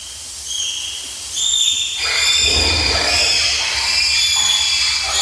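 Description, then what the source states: Bonobo calls, a dense chorus of high, shrill squeaks and whistles overlapping, growing louder partway through. Wild bonobos, presented for comparison with chimpanzee sounds.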